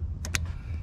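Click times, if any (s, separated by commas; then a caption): 0.2 s, 0.3 s. A plastic engine hose quick connector on a 2012 Audi Q7 is pushed onto its port while chasing an idle hissing noise. It snaps home with a sharp double click at 0.3 and 0.4 seconds over a steady low rumble. The connector is seated.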